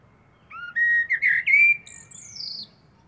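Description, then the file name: Common blackbird giving a short song phrase: rising mellow whistles that finish in a high, thin twittering flourish. "Turdus merula"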